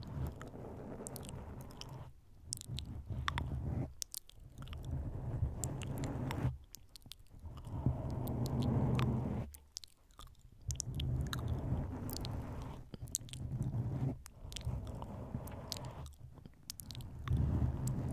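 Mic nibbling and wet mouth sounds, with soft squishy chewing and biting textures. The sounds come in bursts of a few seconds separated by brief near-silent gaps at roughly 2, 4, 6.5, 10 and 16 seconds, with sharp crisp clicks scattered throughout and a low rumble underneath.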